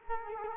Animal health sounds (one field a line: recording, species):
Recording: mosquito wingbeat signal from an infrared sensor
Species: Culex quinquefasciatus